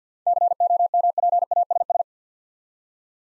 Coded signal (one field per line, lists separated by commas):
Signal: Morse code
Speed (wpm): 54 wpm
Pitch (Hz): 700 Hz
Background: none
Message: COMPASS